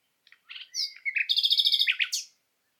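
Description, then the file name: Common nightingale song: a short phrase opening with soft notes, a pure whistle, then a rapid rattling trill and a final sharp chirp. "Luscinia megarhynchos"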